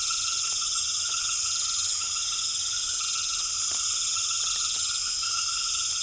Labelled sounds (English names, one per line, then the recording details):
none
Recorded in secondary vegetation near Puerto Asís, Putumayo, Colombia, on 28 February 2025 at 20:30
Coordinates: 0.500, -76.326
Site GP04